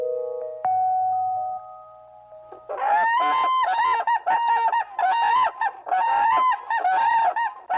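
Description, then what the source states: Whooping crane giving loud, trumpeting calls in repeated bursts, harsh and resonant; a few sustained musical tones sound before the calling begins. Trachea over 8 feet long lets call carry up to 3 miles; species fell to 15 birds in 1941, now nearly 500.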